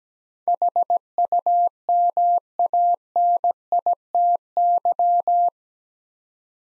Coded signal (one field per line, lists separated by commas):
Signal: Morse code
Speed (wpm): 17 wpm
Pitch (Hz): 700 Hz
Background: none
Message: HUMANITY